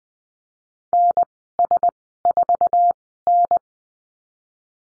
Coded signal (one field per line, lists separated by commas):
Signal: Morse code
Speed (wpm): 20 wpm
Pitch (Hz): 700 Hz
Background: none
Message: NS4N